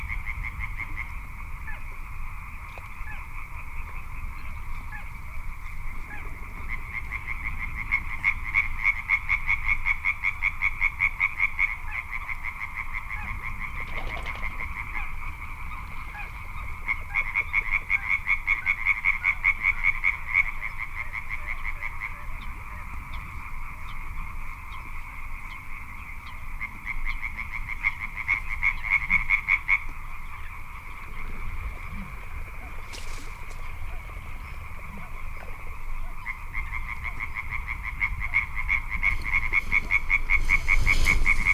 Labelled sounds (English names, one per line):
Little Crake